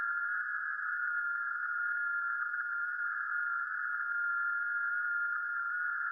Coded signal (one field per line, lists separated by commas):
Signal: FT8